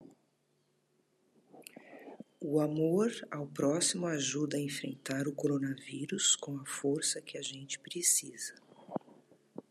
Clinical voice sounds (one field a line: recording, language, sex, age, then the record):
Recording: spoken sentence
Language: Brazilian Portuguese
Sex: female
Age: 50 to 59 years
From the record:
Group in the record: control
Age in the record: 59 years